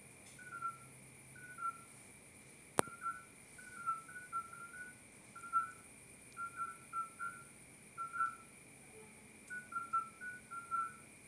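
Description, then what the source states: Midwife toad: soft, clear, bell-like toots from more than one animal, repeating steadily, with one sharp click early on and steady faint high tones behind. 30 May 2024 at 22:30, at night.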